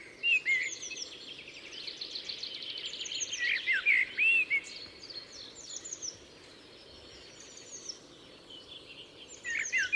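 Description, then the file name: Common blackbird song: phrases of fluted whistles and thin, high twittering, a quieter stretch, then another phrase at the end, over a constant background hiss. "Turdus merula"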